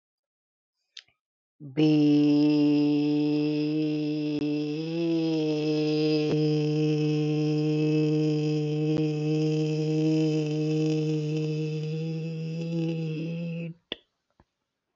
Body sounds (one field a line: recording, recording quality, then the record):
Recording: sustained vowel as in beet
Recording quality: excellent, no background noise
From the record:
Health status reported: respiratory illness, not identified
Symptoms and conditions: asthma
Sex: male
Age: 45 years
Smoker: not ticked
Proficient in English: yes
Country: India